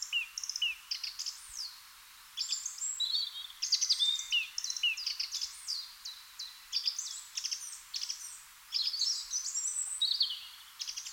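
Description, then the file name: Eurasian blackcap song: busy, high-pitched chattering warble of quick chirps and downslurred notes, delivered in bursts separated by short gaps. "Sylvia atricapilla"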